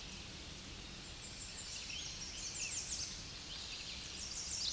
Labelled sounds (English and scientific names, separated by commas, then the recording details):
American Redstart (Setophaga ruticilla) song
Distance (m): 35 m
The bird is about 5 m above the microphone
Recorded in a Pennsylvania forest on 16 May 2024 at 07:40
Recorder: AudioMoth, point MSD-0383
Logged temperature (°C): 15.3 °C
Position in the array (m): 116 m, 230 m